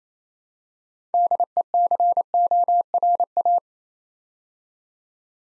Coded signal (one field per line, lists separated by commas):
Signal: Morse code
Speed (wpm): 29 wpm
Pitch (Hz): 700 Hz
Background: none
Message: DECORA